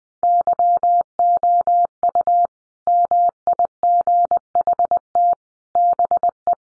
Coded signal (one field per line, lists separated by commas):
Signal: Morse code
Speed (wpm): 20 wpm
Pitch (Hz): 700 Hz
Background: none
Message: YOU MIGHT BE